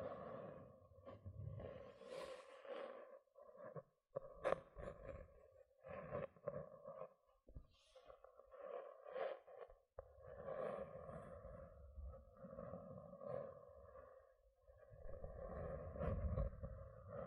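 Gentle scratching runs in soft, uneven bursts, with a steady low hum underneath at a fixed pitch. The strokes come in clusters with brief pauses around 4, 8 and 10 seconds, and sharper ticks cut through near 4.5 and 16 seconds.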